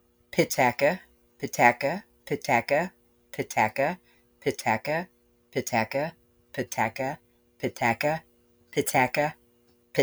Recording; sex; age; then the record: repeated syllables /pa ta ka/; female; 60 to 69 years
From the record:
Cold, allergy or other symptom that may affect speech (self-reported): no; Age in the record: 64 years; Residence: Texas, United States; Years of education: 12